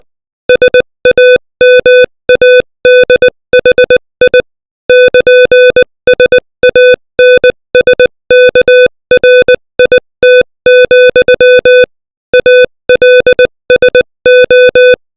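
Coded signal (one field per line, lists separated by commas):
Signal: Morse code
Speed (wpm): 20 wpm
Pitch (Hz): 500 Hz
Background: music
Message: SAMADHI <KN>SANSKRIT, ALSO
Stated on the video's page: Morse code practice at 20 WPM.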